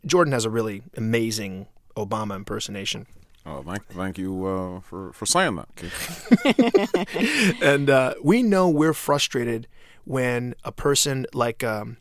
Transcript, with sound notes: Jordan has a really amazing Obama impersonation.
Oh, thank you for saying that, Keegen.
(LAUGHTER)
And we know we're frustrated when a person like